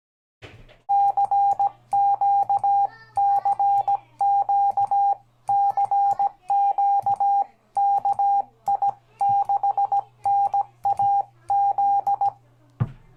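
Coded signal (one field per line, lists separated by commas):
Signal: Morse code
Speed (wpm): 17 wpm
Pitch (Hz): 800 Hz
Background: none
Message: CQ CQ CQ KI6NAZ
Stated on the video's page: CW on 20m from a repaired Hill Topper 20 QRP kit radio, on the air.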